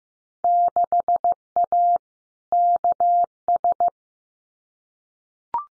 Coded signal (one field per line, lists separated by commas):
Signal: Morse code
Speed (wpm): 15 wpm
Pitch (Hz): 700 Hz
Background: none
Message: 6A KS